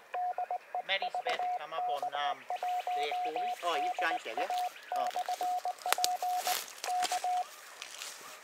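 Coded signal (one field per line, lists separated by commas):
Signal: Morse code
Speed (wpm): 19 wpm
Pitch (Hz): 720 Hz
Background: speech, radio noise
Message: DE VK1DA/P K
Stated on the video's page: CW during a SOTA summit activation on HF alongside VHF and UHF contacts, including summit-to-summit contacts.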